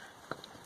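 A passenger-side CV axle on a Civic is pushed into the transmission side (carrier bearing socket) and seats with a small, sharp snap at 0.3 s. Two fainter ticks follow at about 0.4 s and 0.7 s, and the axle is confirmed seated after a pull test.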